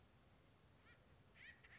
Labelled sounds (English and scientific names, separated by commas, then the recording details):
Acorn Woodpecker (Melanerpes formicivorus)
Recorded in Sonoma County, California